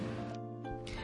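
A small dog, a Boston Terrier, sleeping very comfortably indoors and snoring loudly: rhythmic nasal snoring breaths, a breed that snores a lot.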